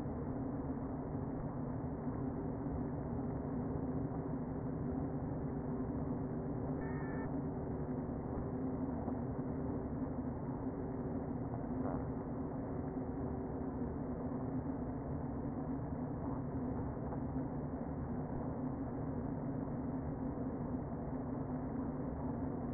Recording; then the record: honeybee colony, microphone inside the hive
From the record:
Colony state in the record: queen present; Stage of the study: before two queens were removed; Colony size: about 60,000 bees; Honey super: yes